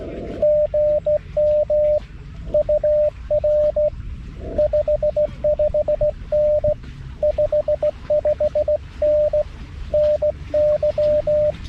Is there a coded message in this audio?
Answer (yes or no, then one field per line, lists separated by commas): yes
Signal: Morse code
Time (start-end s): 0.4-11.5 s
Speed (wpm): 19 wpm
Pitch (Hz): 590 Hz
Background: radio noise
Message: GM UR 55N 55N NY